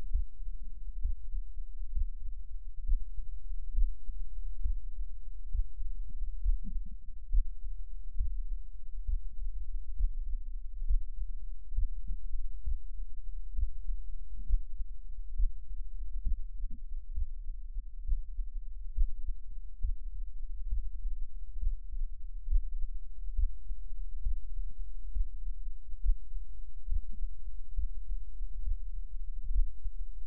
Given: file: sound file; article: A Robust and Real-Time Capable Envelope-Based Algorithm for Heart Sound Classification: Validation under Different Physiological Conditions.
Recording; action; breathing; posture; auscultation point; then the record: heart sounds by electronic stethoscope; rest; normal; lying on back; Erb’s point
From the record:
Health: healthy, no known heart disease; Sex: male